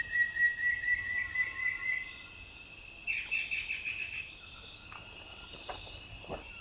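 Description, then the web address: Frederickena antshrike song of evenly spaced whistled notes for two seconds, followed by a short burst of higher chirps, with a continuous insect hum behind. "sound Frederickena. صدای-پرنده-فردریکنا"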